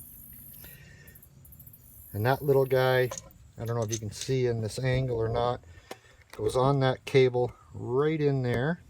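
A small metal spring lock clip is handled near the parking brake cable at its caliper mount on a 2013 Hyundai during a rear brake replacement. Someone talks over faint handling taps and light metallic clicks around 1.2–1.7 s. Nothing has seated or clicked into place yet.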